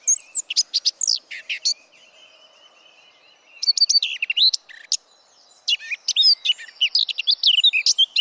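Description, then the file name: Eurasian blackcap song: repeated loud phrases of jumbled whistled and scratchy notes, separated by brief quieter spells with a faint thin trill. "Sylvia atricapilla"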